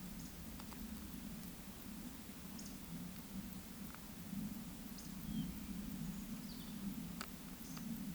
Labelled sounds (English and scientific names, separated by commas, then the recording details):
Eurasian Woodcock (Scolopax rusticola) whistle
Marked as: whistle, whistle, whistle, whistle
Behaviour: display flight
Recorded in Baden-Württemberg, Germany, on 9 May 2021 at 19:07 UTC
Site 23718, 552 m above sea level